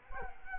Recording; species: mosquito wingbeat signal from an infrared sensor; Culex quinquefasciatus